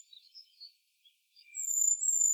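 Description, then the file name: Great tit calls: a few soft chirps, then a sustained, very high, thin whistled note holding steady for nearly a second. "Parus major"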